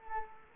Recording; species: mosquito wingbeat signal from an infrared sensor; Culex quinquefasciatus